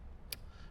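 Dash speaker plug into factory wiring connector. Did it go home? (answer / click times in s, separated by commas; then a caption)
yes / 0.3 s. A dash speaker plug for a Rockford Fosgate Stage 5 system in a 2018–2023 Jeep JL Wrangler is pushed into the factory wiring connector. A single sharp, bright click comes at 0.3 s over low background noise. The plug then gets a tug to check it, and it is seated.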